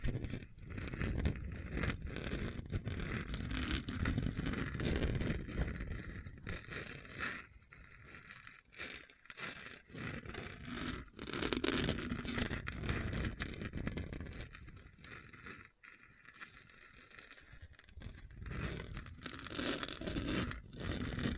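A hard, bumpy surface is scraped and scratched in continuous rough strokes, full of gritty rasping and crackle. The texture stays dense throughout, with brief dips and pauses near the eight, ten and sixteen second marks before the scratching resumes.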